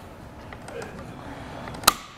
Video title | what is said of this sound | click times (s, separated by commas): How to Install the Thule WingBar Evo Roof Rack for Naked Roofs on a 2015 Subaru XV Crosstrek | can hear those clicks right there letting you know that it's fully torqued | 1.7 s, 1.9 s